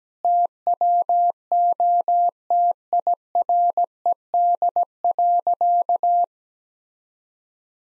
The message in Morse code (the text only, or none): TWO TIRED.